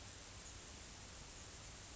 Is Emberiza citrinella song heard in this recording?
no